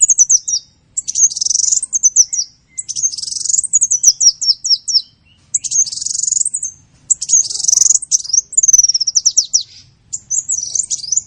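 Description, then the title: Sunbird song: bright, high-pitched phrases of rapid descending trills and squeaky slurred notes, delivered in steady bursts with short gaps. Sunbird in full song (gacor), with fill-in phrases (isian) copied from the cililin and the canary. "Kolibri gacor isian cililin dan kenari"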